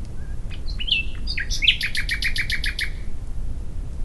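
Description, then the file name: Common nightingale song: a few scattered chirps, then a fast, loud run of repeated sharp notes, over a low steady rumble. "Luscinia megarhynchos"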